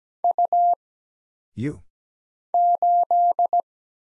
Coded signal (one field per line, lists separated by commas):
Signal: Morse code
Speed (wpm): 17 wpm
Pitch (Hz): 700 Hz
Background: none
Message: U 8